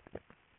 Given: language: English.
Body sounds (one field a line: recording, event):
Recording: throat vibration sensor signal played as sound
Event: swallow